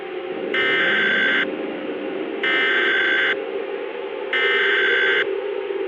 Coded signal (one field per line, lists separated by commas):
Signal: Emergency Alert System (SAME) tones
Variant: header bursts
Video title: FLARE - Zombie Virus EAS Scenario